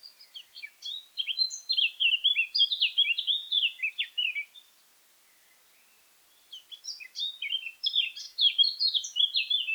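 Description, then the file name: Eurasian blackcap song, a hurried string of bright, slurred warbling notes, pausing for about two seconds before resuming with another busy phrase. "Sylvia atricapilla"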